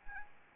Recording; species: mosquito wingbeat signal from an infrared sensor; Anopheles arabiensis